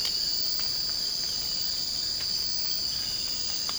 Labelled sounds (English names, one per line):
none